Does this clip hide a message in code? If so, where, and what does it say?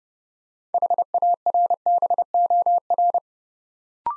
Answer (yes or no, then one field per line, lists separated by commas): yes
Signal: Morse code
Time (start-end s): 0.7-3.2 s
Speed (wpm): 30 wpm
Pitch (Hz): 700 Hz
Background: none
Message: HARBOR